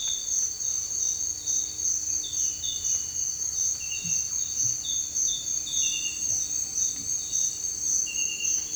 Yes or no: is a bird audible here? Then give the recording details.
no. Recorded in dense forest near Puerto Asís, Putumayo, Colombia, on 21 December 2024 at 06:30. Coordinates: 0.467, -76.328. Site GP05